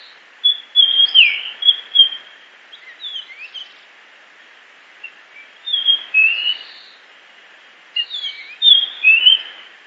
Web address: Eophona personata. صدای-پرنده-نوک-بزرگ-ژاپنی